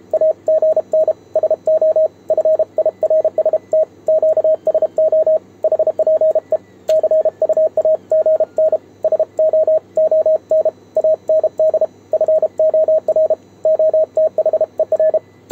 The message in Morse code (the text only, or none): AGN SO FIRST QSO HPE CU AGN SO ON AND FOR OTHER